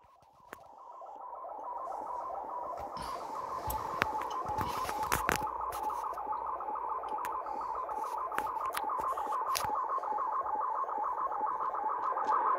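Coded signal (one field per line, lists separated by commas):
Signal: SSTV (slow-scan television)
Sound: fast rhythmic warbling chirps repeating several times a second, pitched low as if mistuned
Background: radio static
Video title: 2020-03-15 SSTV (Slow Scan TV) on 20 meter band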